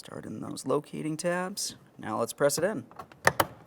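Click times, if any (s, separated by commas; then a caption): 3.3 s, 3.4 s. A plastic inside door handle bezel with two locating tabs and four locking tabs is pressed into the door trim panel of a 2002-2009 Chevrolet Trailblazer while someone talks. Two sharp snaps are heard at 3.3 s and 3.4 s as the locking clips click in. The bezel is seated.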